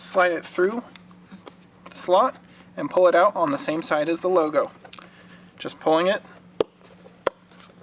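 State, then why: Seated. A plastic mounting tab for a Rokblokz mud flap kit for a 2014-2020 Nissan Rogue is slid through the slot in the mud flap and pulled out on the same side as the logo while someone talks. Two sharp clicks at 6.6 s and 7.3 s mark the tab seating in place.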